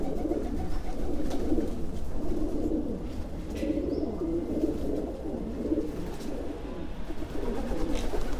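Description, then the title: Rock doves cooing continuously in low, throaty, wavering phrases from several birds, with an occasional faint chirp above and low rumbling noise throughout. Several pigeons recorded in 2016 on a street in Saluzzo, Italy, during a workshop, using a Tascam DR-700 recorder. "Discesa alla Piazzetta, 12037 Saluzzo CN, Italia - Pigeons"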